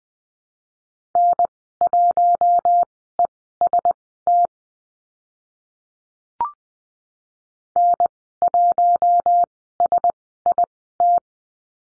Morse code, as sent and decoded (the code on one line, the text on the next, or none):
-. .---- . ... - / -. .---- ... .. -
N1EST N1SIT